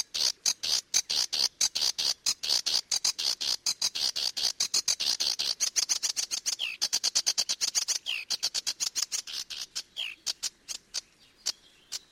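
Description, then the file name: Sedge warbler song: a long, steady stream of rapid rattling ticks, with occasional slurred whistles, thinning out toward the end. "Phragmite des joncs"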